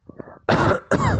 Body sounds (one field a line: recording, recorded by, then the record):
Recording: voluntary cough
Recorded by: messaging app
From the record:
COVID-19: negative